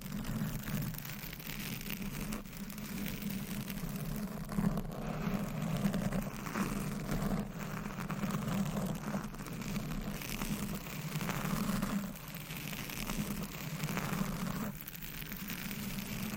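Scratching, tapping and massage sounds run steadily throughout, a dense rustling texture with a low hum underneath. Small soft bursts and brief dips recur irregularly every second or so, with slightly busier stretches around 5 to 12 seconds.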